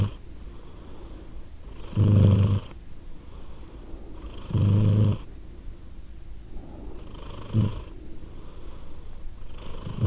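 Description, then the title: Domestic cat purr, a continuous grumbling hum with loud breath pulses about every two and a half seconds. Cat named Edith, purring; Glasgow, Scotland; December 2023. "Edith purring, Glasgow, Scotland in December 2023 – by Steve Urquhart"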